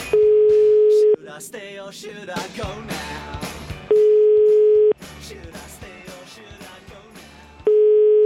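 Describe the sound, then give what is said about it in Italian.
A phone line rings out with three steady, mid-pitched ringback tones, each about a second long and spaced by gaps of nearly three seconds, while busy music plays underneath, as the radio show La Zanzara dials a caller on air. “Regia, numero di telefono.”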